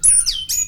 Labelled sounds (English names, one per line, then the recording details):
Stitchbird song
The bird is a male
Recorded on Tiritiri Matangi Island, New Zealand, in 2005
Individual 22, of nest box 31